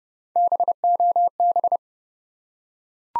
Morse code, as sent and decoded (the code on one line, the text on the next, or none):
-... --- -...
BOB